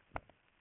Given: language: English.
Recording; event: throat vibration sensor signal played as sound; swallow